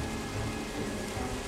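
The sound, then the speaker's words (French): Raindrops patter steadily on a zinc roof, a dense, even hiss of tiny impacts with no pauses and no voices, fairly soft throughout. “On entendait des gouttes de pluie sur le zinc.”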